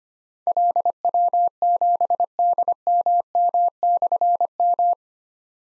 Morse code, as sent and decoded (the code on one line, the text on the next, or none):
.-.. .-- --... -.. -- -- -..-. --
LW7DMM/M